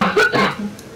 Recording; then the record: coughing mixed with background sound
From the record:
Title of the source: Barking cough - # 10